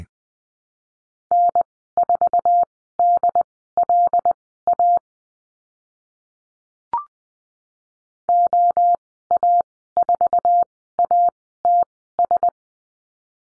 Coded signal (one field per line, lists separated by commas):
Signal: Morse code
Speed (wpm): 20 wpm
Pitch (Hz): 700 Hz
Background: none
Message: N4DLA OA4ATS